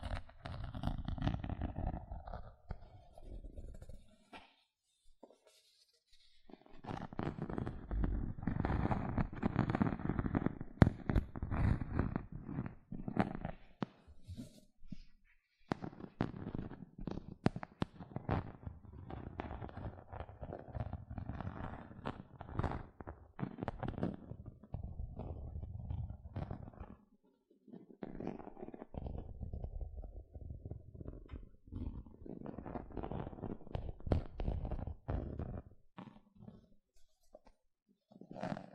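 Gentle scratching comes in dense bursts of quick crackly strokes, broken by brief silent pauses near 5, 15 and 27 seconds.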